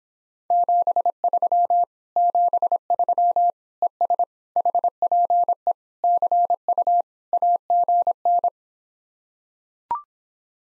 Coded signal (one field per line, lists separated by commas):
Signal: Morse code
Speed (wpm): 26 wpm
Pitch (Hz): 700 Hz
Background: none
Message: 73 73 ES HPE CU AGN